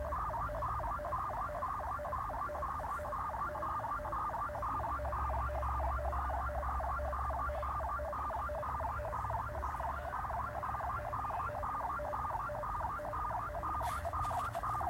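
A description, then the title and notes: A WeatherFax marine transmission of a satellite image: a steady mid-pitched warbling tone pulses in a fast, regular rhythm, roughly two or three beats per second, throughout. A low rumbling hum runs underneath, and a few faint crackles appear near the end. WeatherFax marine transmission of Satellite Image from Valparaiso, Chile on 8676 kHz USB.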